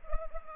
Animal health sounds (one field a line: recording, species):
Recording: mosquito wingbeat signal from an infrared sensor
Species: Culex pipiens